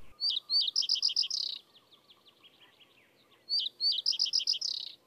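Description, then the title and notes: Common reed bunting song, a short stuttering phrase of bright chipped notes ending in a brief jumble, given twice. Spring male with dark head, white neck stripe and brown-streaked back, singing its modest verse from the top of willow scrub among other spring birds, in early spring. "Viikon luontoääni: Pajusirkku. Viikon luontoäänen esitteli Asko Hauta-aho"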